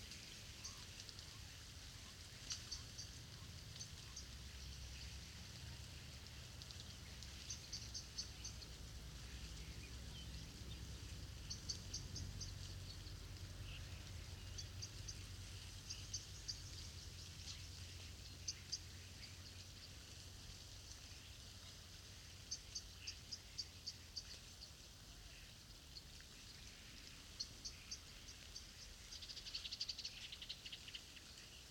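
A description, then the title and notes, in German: A large flock of starlings, perhaps a thousand birds, fills the clay pit with a dense, unbroken chatter of high, rattling and clicking calls that swell in bursts, especially near the end. A soft low rumble of wind or traffic runs underneath. Stare in der Lehmgrube Marloffstein (am Abend; Kopfhörerfassung). Eine Kunstkopfaufnahme con vielleicht 1000 Staren.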